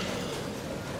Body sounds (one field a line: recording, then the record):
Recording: coughing mixed with background sound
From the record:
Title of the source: Cough Around the Clock!